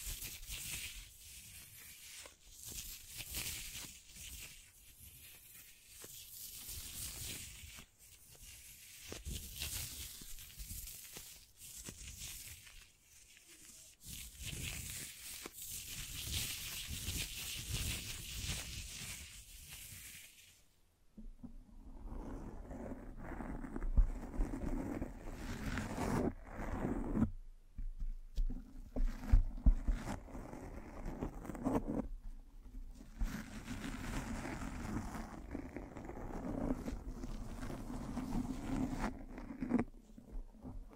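Microphone brushing and scratching: bright, dense rustling for twenty seconds, then lower, thumping rubs with brief silent gaps until the end.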